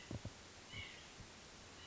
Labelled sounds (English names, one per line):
White-breasted Nuthatch